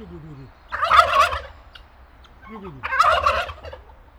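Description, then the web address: Turkey gobbles, two rapid rattling bursts about two seconds apart, each preceded by lower whining notes. Farmyard of a zoo in Nyíregyháza, Hungary, 2010; guineafowl calling in the background. "allathangok nyiregyhazizoo 2010 standardt parasztudvar pulyka gyongytyukhatter"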